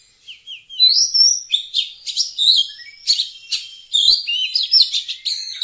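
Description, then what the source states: Oriental magpie-robin song opening with soft descending slurs, then loud varied whistles and scratchy notes in quick succession; a faint low thump partway through. Singing actively (gacor).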